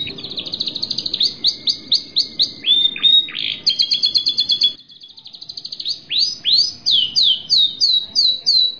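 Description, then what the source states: Bird song of quick, high descending whistles repeated in runs, with a short trilled passage and a momentary pause before the whistles resume. Masteran-style song.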